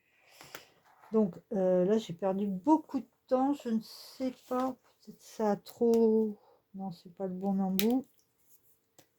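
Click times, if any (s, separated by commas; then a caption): 9.0 s. Someone talks while trying different tips, then, with the correct tip found, closes the plastic cap onto a felt marker from an Action set of 120 aquamarkers, since a badly closed marker dries out and is ruined. The cap clicks shut at 9.0 s with a short, quiet snap after the talking stops. The cap is confirmed seated.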